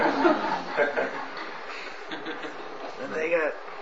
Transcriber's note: laughter